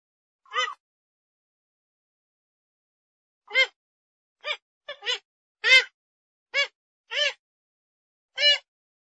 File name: Tieng trich co